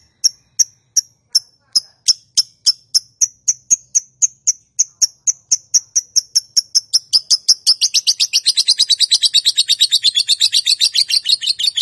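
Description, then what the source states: Lovebird giving sharp high chirps, spaced at first, then speeding up into a rapid buzzy chattering trill in the final seconds. Calling style named konslet.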